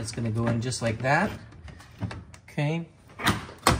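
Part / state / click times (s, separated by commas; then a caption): carbon fiber grille piece into front fascia / seated / 3.7 s. A carbon fiber grille piece for a C8 Corvette is tucked below the drain area and pushed into the front fascia while someone talks. A sharp snap at 3.7 s shows the piece is seated.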